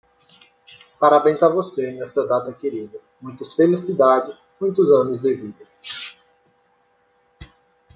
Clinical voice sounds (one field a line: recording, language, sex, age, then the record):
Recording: short text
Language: Brazilian Portuguese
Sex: male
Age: 20 to 29 years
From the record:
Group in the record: control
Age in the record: 24 years